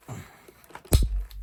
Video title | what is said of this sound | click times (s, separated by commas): Detailed Upgrade Steps For Arrma Boost To Brushless 3S Power! Beginner Guide. | and there you go a reassuring click means it's all in place | 0.9 s